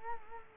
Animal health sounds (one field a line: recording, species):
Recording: mosquito wingbeat signal from an infrared sensor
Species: Culex quinquefasciatus